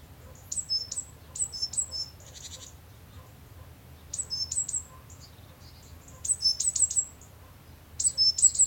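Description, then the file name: Great tit giving clusters of sharp, high-pitched chirps in short bursts every second or two, over a quiet background. "Parus major"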